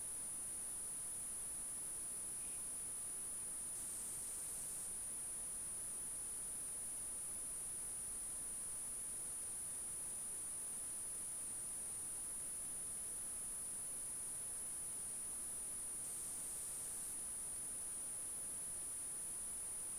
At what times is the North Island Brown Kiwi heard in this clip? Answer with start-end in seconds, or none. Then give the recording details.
none. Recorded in New Zealand on 14 February 2012. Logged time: 02:13. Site DH65